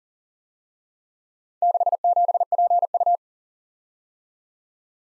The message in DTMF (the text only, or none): none